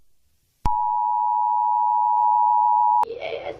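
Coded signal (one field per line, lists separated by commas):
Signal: Emergency Alert System (SAME) tones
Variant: 853 and 960 Hz attention tone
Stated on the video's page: Fictional analog horror EAS scenario.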